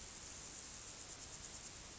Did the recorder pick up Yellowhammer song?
no